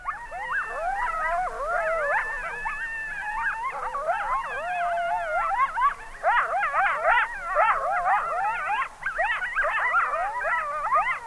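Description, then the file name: Coyotes in a yipping chorus: many wavering, quavering howls and sharp yips overlap and tumble over one another throughout, with no other sounds standing out. "coyote lang elliott"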